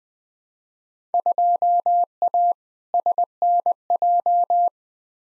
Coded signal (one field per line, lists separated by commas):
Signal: Morse code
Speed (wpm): 20 wpm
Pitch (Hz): 700 Hz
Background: none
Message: 2A SNJ